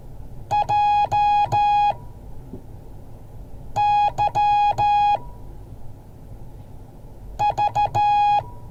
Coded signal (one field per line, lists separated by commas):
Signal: Morse code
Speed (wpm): 13 wpm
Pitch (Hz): 830 Hz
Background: none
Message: JYV